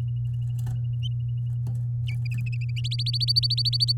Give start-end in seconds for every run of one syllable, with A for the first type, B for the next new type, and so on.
2.84-3.92 A